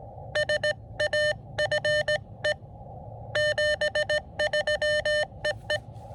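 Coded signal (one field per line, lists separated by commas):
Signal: Morse code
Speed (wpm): 19 wpm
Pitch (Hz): 600 Hz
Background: none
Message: SAFE 73 EE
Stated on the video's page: Combined SOTA and POTA QRP activation from a small winter hill summit, with a lot of DX worked.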